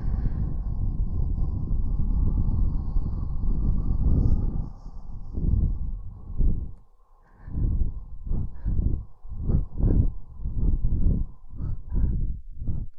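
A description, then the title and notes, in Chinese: Soft wind brushes past close to the ear, a low, muffled rumble with little brightness. For the first few seconds it blows steadily, then breaks into short puffs and gusts that come and go about once a second, with a brief lull near the seventh second. 轻柔的风 拂过耳畔。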